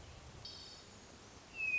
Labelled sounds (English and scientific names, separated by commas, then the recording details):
Hermit Thrush (Catharus guttatus)
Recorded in Sonoma County, California